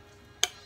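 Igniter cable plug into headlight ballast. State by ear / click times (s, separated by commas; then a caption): seated / 0.4 s. An igniter cable plug on a 2004 Acura TL is pushed back into the headlight ballast connector during a ballast and igniter cable replacement. A single sharp, loud click rings out at 0.4 s against quiet background noise. The plug is seated in the connector.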